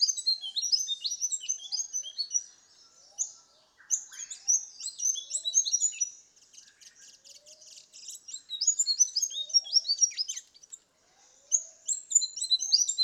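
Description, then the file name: Rufous fantail giving rapid high squeaky chips and twitters in bursts with short pauses, soft lower whistled notes underneath. "Rhipidura Rufifrons"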